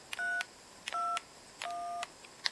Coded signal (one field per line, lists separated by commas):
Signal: DTMF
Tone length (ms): 240 ms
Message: 321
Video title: DTMF Decoding / MT8870